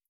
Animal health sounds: hydrophone in a shrimp aquaculture tank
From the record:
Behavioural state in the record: feeding

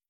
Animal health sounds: hydrophone in a shrimp aquaculture tank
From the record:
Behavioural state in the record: starved

